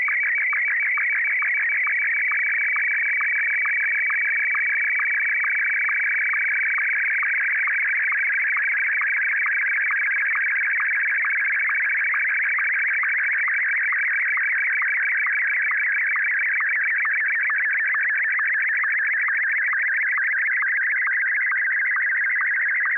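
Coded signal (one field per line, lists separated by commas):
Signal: SSTV (slow-scan television)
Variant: Martin 1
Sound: warbling, chirping tone steadily scanning up and down, with a short low sync blip about twice a second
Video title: N6NA SSTV Net - 10/28/2020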